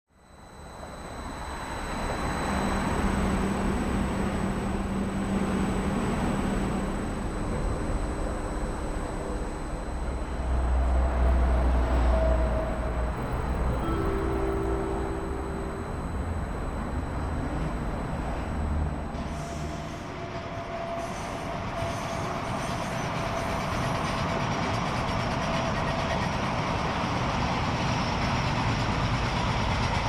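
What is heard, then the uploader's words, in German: A narrow-gauge train with a transporter wagon rolls along steadily, a deep rumble with rattling and brief tonal squeals, shifting character near twenty seconds. Schmalspurbahn BMC mit Rollbock unterwegs. Vufflens #vaud.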